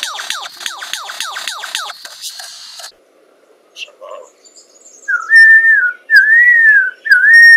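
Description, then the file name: Lyrebird whistled calls: a rapid run of repeated descending whistles, then after a pause three loud, clear whistled notes. "Menura"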